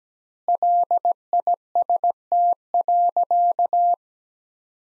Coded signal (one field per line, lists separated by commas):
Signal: Morse code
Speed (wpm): 17 wpm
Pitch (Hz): 700 Hz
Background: none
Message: LIST.